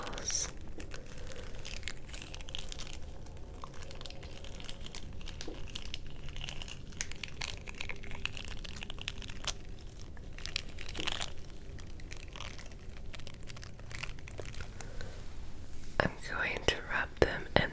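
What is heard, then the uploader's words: Fidget toys are handled, giving a steady stream of soft crinkling, rustling and small clicks. A faint low hum runs underneath. Near the end, from about 16 seconds, sharper clicks and snaps come in quick bursts. ASMR Fidget Toys.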